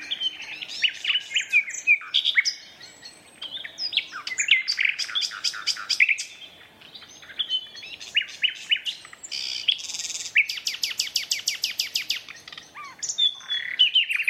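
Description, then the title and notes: Common nightingale song, varied phrases of rapid repeated notes, rattles and high whistles, switching abruptly between phrases. Two competing males singing a duet at dusk in a dense thorn thicket, north Dorset woodland, during the dusk chorus. "Sound Escape: An astonishing nightingale duet in a Dorset woodland. north Dorset countryside. a single nightingale starts to sing. another male. a competitive duet. BBC Countryfile Magazine's Sound Escapes"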